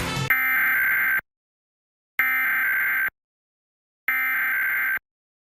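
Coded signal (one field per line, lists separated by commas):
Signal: Emergency Alert System (SAME) tones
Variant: header bursts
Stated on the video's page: Required monthly tests recorded off broadcast TV stations, audio kept close to the original broadcast with uneven levels.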